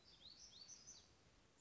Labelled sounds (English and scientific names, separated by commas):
Black-throated Gray Warbler (Setophaga nigrescens)